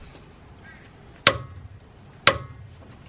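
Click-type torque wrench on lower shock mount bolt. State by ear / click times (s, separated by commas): torque reached / 1.3 s, 2.3 s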